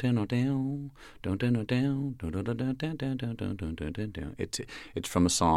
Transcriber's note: soundbite of humming